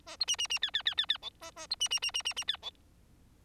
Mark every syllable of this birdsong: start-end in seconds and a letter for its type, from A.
0.06-0.16 A, 0.20-0.25 B, 0.27-0.36 C, 0.38-0.47 C, 0.49-0.59 C, 0.62-0.71 D, 0.73-0.82 D, 0.85-0.94 D, 0.97-1.06 D, 1.08-1.17 D, 1.22-1.30 E, 1.41-1.51 A, 1.56-1.67 A, 1.70-1.75 B, 1.80-1.88 C, 1.90-1.99 C, 2.02-2.11 C, 2.14-2.22 C, 2.25-2.33 C, 2.36-2.44 C, 2.47-2.57 D, 2.62-2.71 E